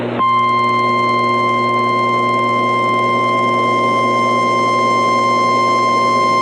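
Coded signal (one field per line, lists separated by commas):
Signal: Emergency Alert System (SAME) tones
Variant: 1050 Hz attention tone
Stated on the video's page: Received EAS alerts from various US states, Canada and US territories.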